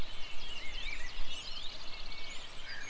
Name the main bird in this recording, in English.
Common Chaffinch